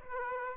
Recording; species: mosquito wingbeat signal from an infrared sensor; Aedes aegypti